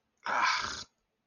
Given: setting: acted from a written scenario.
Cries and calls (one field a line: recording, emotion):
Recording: vocal sound without words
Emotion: pain